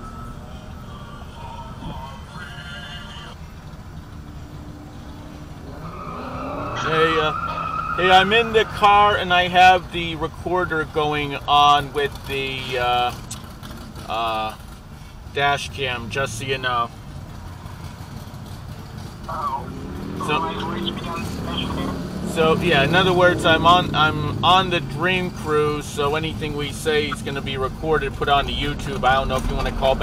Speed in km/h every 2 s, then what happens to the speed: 0, 0, 0, 0, 0, 0, 0, 0, 0, 0, 0, 0, 0, 6, 19.
0-25 standing. 25-30 pulls away to 19.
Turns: none.